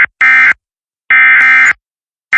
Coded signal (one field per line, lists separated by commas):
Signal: Emergency Alert System (SAME) tones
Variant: end-of-message bursts